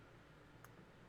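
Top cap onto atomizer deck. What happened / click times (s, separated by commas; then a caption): The cap gave a single light tick but did not fully seat / 0.6 s. The top cap of a Swedish Vapor HotRod RDA rebuildable vape atomizer is pressed onto the second side of the deck, and a small, sharp tick sounds at 0.6 s over a steady low hiss. The cap only partly seats, with one side still raised, so it is not fully home.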